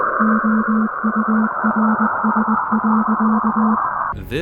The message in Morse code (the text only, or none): OURS.